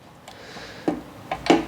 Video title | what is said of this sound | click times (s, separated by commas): Unboxing HIGH TECH ESCOOTER - King-Song N11 Cheetah | and it locks in place and then we can also lift it now | 1.5 s